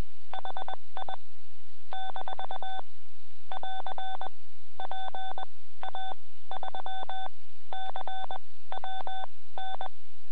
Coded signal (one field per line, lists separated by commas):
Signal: Morse code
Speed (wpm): 21 wpm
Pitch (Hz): 3500 Hz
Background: none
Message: HI - <AR> PA3CWN